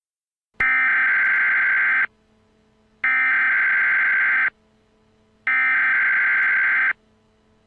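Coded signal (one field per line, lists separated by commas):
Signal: Emergency Alert System (SAME) tones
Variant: header bursts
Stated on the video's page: Dust Storm Warning SAME tones from the National Weather Service Phoenix for Maricopa and Pinal Counties.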